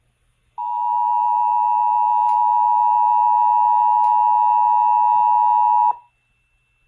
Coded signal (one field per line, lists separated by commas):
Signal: Emergency Alert System (SAME) tones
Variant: 853 and 960 Hz attention tone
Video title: EAS 132 - WTOP Flash Flood Warning Fail